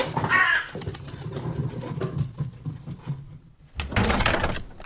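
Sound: raven cawing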